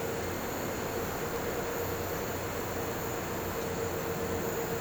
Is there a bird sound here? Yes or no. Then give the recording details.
no. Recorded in pastures near Puerto Asís, Putumayo, Colombia, on 4 March 2025 at 11:00. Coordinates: 0.466, -76.322. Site CSA-02